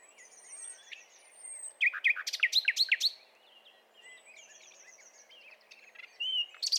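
Common nightingale song with a loud run of fast, sweeping chirps. Quieter, thin high whistles and twitters come before and after it.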